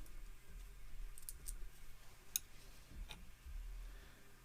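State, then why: Seated. On an Atlas 7B shaper index center, the spring-loaded index pin is let into a hole in the metal index plate and locks in place. A few faint ticks come before a sharp metallic click at 2.4 seconds as the pin seats, followed by quiet low background noise.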